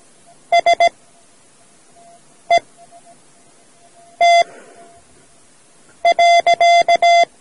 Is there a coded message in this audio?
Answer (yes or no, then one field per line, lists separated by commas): yes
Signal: Morse code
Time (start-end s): 0.5-7.2 s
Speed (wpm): 17 wpm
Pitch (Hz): 690 Hz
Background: none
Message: SET.